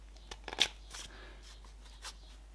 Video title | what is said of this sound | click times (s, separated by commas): Présentation de la Perceuse/Visseuse BOSCH GSR 12 V | a tourné pour verrouiller on entendu un petit clic | 0.6 s